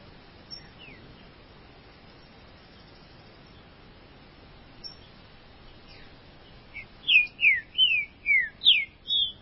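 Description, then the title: Green-winged saltator song: after quiet seconds, a phrase of six loud whistled notes, mostly slurred downward, each about a third of a second apart. "Trinca Ferro"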